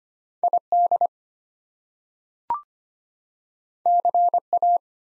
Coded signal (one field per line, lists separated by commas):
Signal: Morse code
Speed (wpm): 25 wpm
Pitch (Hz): 700 Hz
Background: none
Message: ID CA